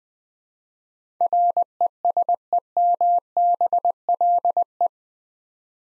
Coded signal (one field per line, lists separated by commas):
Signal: Morse code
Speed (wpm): 20 wpm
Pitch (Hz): 700 Hz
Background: none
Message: RESEMBLE